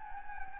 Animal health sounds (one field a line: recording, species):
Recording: mosquito wingbeat signal from an infrared sensor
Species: Anopheles gambiae